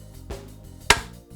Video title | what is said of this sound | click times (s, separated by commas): Team Nutrition Cooks! Corn and Zucchini Pancakes Video | that click yeah that means you can turn | 0.9 s